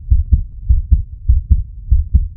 Heartbeat.